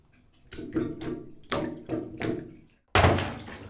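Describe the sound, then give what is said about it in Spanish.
Water rushes and splashes in several uneven surges, then drops to a brief silence before a louder gush bursts in and keeps flowing. No one speaks. “Agua, agüita, llévame al río, llévame a la isla.”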